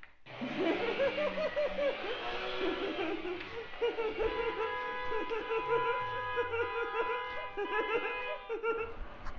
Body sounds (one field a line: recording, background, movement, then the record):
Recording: laughter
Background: traffic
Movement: walking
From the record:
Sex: female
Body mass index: 36.4 kg/m2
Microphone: on the chest, facing outward